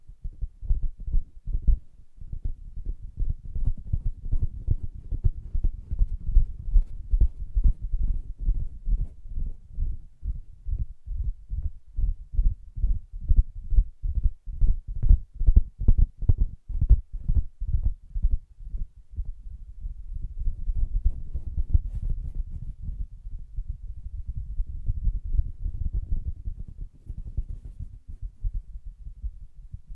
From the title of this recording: Soft Fabric Surface Tapping & Scratching